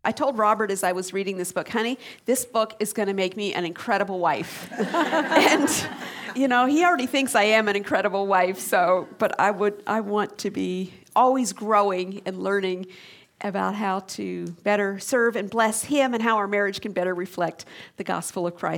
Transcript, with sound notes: I told Robert, as I was reading this book, “Honey, this book is gonna make me an incredible wife!” [laughter] He already thinks I am an incredible wife, but I want to be always growing and learning about how to better serve and bless him and how our marriage can better reflect the gospel of Christ.